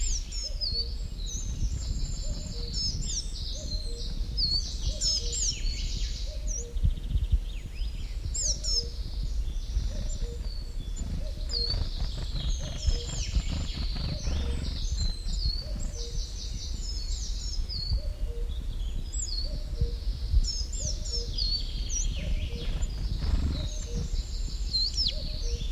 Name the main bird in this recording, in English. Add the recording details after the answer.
Coal Tit. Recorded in the wild. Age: adult. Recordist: Brunner, Thomas